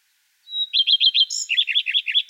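Common redstart: a steady whistled note leads into four quick repeated phrases, then a higher squeak and a string of lower, buzzier notes.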